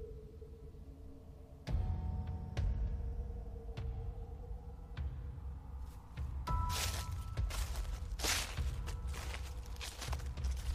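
A little girl's footsteps crunch over dry leaves in uneven steps in a garden shaded by lychee and longan trees, the crackling bursts growing busier toward the end over a steady low rumbling hum.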